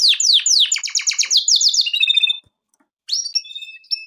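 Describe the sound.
Canary song: fast bursts of repeated downward-sweeping whistled notes run into a rapid rattling trill, then a short silence and a few higher sliding notes.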